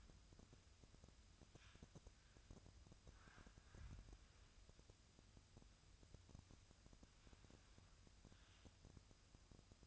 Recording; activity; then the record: daily activity, microphone in the room; wipe stove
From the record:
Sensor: 2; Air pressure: 1004.6 hPa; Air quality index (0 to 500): 82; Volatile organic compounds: 1 ppm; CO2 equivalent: 977 ppm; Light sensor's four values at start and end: 7/16/6/6 and 7/16/6/6